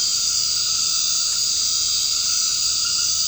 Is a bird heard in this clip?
no